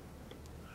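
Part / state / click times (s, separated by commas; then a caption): memory module into laptop SO-DIMM slot / seated / 0.3 s, 0.5 s. A laptop memory stick, the bottom stick, is pushed down into its SO-DIMM slot in a MacBook Pro (Unibody) until the retaining tabs hold it. Two short snaps are heard at 0.3 s and 0.5 s over a low, steady background, and the module is seated.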